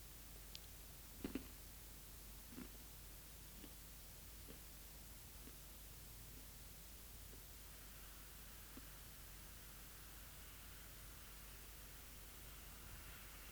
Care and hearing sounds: daily activity, guitar pickup as the sensor; eat

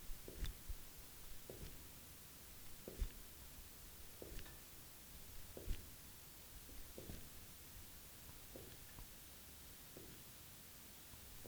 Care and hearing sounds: daily activity, guitar pickup as the sensor; jump

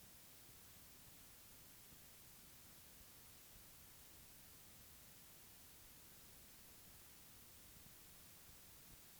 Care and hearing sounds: daily activity, guitar pickup as the sensor; lie down

